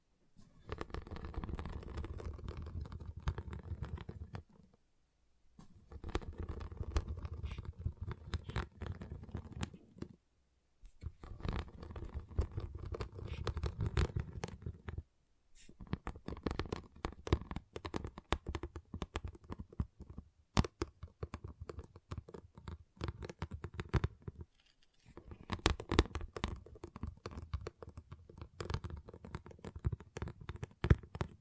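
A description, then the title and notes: Small plastic pixel art beads rattle and patter in dense bursts of clicking, each run lasting a few seconds before stopping in short silences near 5, 10, 15, 20 and 25 seconds. The sound is crisp and busy, with a soft low rumble underneath. ASMR Relaxing Pixel Art Beads ( No Talking).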